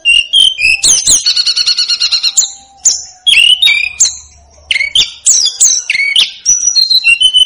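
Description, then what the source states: Snowy-browed flycatcher song of fast repeated high notes, slurred whistles and trills, delivered in bursts with short gaps. Masteran for training cage birds.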